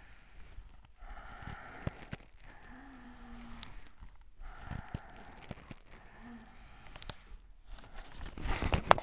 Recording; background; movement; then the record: deep breathing; quiet; sitting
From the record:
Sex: female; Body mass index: 18.8 kg/m2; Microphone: on the chest, facing outward